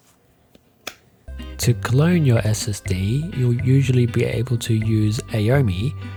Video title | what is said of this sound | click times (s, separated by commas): Samsung 970 Evo Cloning And Install - Alienware Aurora R7 | it clicks right into place just like this | 0.9 s